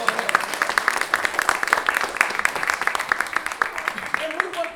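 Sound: audience applause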